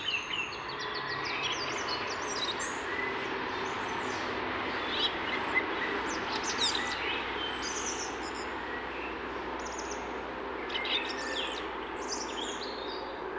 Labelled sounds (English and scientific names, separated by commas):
European Robin (Erithacus rubecula) song